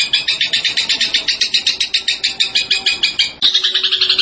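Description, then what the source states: Zebra finch song: one continuous, rapid, rattling trill of sharp high pulses, briefly changing rhythm near the end, with a faint low steady tone. Tembakan bird singing actively (gacor); master recording used for training cage birds.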